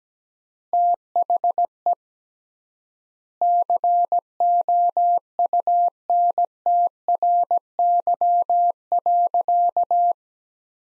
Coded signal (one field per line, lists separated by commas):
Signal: Morse code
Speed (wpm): 17 wpm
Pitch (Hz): 700 Hz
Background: none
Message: THE COUNTRY.